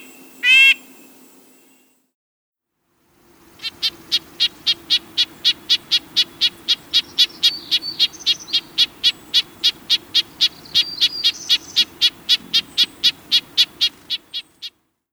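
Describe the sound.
Red-breasted nuthatch calling in a long, rapid series of short nasal notes, about four per second for ten seconds, after a brief opening sound and a pause.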